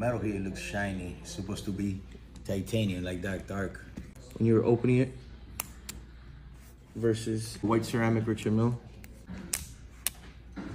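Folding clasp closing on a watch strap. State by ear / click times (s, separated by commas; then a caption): seated / 9.5 s, 10.1 s. Someone talks while the folding clasp on the strap of a genuine white ceramic Richard Mille watch is closed, contrasted with the weaker clasp of a fake. Sharp clicks at 9.5 s and 10.1 s mark the clasp snapping firmly shut with a positive click.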